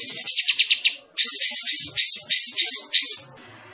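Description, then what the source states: Olive-winged Bulbul singing in fast pulsed notes, a short gap, then a series of loud harsh bursts before fading to quiet hiss. Singing actively, described as gacor.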